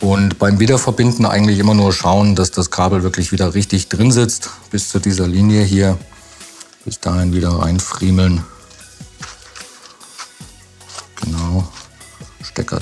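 Someone talks while working the keyboard ribbon cable of a Lenovo ThinkPad L15 Gen 3 back into its mainboard connector up to the marked line, with music playing and small handling taps. The connector's locking flap is then closed with quick snaps at 12.6 s and 12.7 s, and the ribbon cable is seated.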